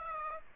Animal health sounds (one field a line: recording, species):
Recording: mosquito wingbeat signal from an infrared sensor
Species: Aedes aegypti